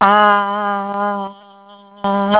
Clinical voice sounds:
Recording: sustained vowel /a/ by telephone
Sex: female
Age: 60 to 69 years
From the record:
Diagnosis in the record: Parkinson's disease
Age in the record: 67 years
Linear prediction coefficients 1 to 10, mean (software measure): 1.54, -0.87, -0.07, -0.26, 0.86, -0.75, 0.17, 0.16, -0.15, 0.05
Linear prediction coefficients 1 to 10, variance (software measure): 0.131, 0.554, 0.321, 0.118, 0.098, 0.152, 0.144, 0.044, 0.056, 0.015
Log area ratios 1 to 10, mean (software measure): -1.97, 1.88, -0.13, -0.01, -0.40, 0.75, -0.43, 0.06, 0.10, -0.09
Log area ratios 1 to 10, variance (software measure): 0.128, 0.732, 0.491, 0.224, 0.453, 0.116, 0.175, 0.081, 0.052, 0.061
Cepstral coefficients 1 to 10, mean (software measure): 1.54, 0.39, -0.23, -0.60, 0.13, -0.07, 0.00, 0.15, -0.04, 0.08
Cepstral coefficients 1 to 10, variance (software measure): 0.131, 0.127, 0.024, 0.019, 0.011, 0.016, 0.013, 0.005, 0.002, 0.003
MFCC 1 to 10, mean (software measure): -5.66, 1.40, -0.83, -0.82, 0.83, 0.03, 0.16, 0.28, -0.09, -0.10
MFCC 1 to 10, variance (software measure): 8.136, 0.120, 0.277, 0.182, 0.101, 0.067, 0.044, 0.050, 0.030, 0.137

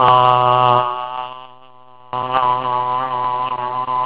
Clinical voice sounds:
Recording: sustained vowel /a/ by telephone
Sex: male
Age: 50 to 59 years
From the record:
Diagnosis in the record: Parkinson's disease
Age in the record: 59 years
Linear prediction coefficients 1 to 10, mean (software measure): 1.22, -0.53, -0.02, -0.66, 0.71, -0.11, -0.12, -0.03, 0.02, 0.05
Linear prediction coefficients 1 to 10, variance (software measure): 0.029, 0.058, 0.033, 0.087, 0.136, 0.044, 0.020, 0.044, 0.066, 0.013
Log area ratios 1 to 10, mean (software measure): -1.87, 2.31, 0.30, 0.04, -0.90, 0.59, 0.19, -0.07, -0.16, -0.10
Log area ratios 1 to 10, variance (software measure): 0.115, 0.623, 0.115, 0.200, 0.184, 0.214, 0.037, 0.047, 0.104, 0.051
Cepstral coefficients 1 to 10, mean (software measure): 1.22, 0.23, -0.05, -0.76, -0.18, 0.06, 0.06, 0.27, 0.08, -0.03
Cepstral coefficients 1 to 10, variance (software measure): 0.029, 0.033, 0.030, 0.038, 0.012, 0.009, 0.005, 0.008, 0.003, 0.005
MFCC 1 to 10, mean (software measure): -5.75, 1.07, -0.96, -1.41, 0.69, 0.91, -0.44, 0.19, 0.00, 0.63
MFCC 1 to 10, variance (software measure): 5.182, 0.047, 0.084, 0.069, 0.064, 0.095, 0.103, 0.250, 0.051, 0.106

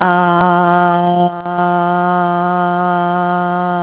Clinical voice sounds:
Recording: sustained vowel /a/ by telephone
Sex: female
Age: 40 to 49 years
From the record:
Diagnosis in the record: healthy control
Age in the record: 45 years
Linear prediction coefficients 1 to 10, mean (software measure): 1.88, -1.33, 0.10, 0.00, 0.73, -0.94, 0.37, 0.06, -0.02, -0.01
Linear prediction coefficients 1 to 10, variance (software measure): 0.047, 0.166, 0.084, 0.067, 0.117, 0.209, 0.114, 0.039, 0.023, 0.004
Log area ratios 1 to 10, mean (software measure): -2.37, 2.30, -0.81, 0.00, 0.26, 0.36, -0.88, 0.01, 0.08, 0.02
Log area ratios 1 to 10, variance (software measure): 0.028, 0.038, 0.203, 0.084, 0.170, 0.067, 0.121, 0.066, 0.024, 0.017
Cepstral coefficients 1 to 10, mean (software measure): 1.88, 0.47, -0.17, -0.49, 0.14, -0.02, -0.03, -0.01, -0.08, 0.11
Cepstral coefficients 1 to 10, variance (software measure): 0.047, 0.019, 0.020, 0.014, 0.009, 0.010, 0.002, 0.003, 0.004, 0.002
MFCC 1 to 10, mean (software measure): -3.42, 1.83, -0.85, -0.50, 0.68, -0.25, 0.37, 0.77, -0.02, -0.76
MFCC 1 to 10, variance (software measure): 0.536, 0.019, 0.123, 0.058, 0.037, 0.022, 0.023, 0.021, 0.045, 0.015

